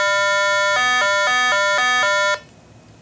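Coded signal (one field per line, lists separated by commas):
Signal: none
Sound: elevator phone programming beeps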